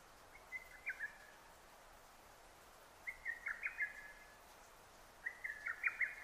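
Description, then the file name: Lesser cuckoo singing three sharp, rapid phrases of several whistled notes, separated by short pauses, with soft hiss behind. Recorded 6 June 2009. "hototogisu-20090606"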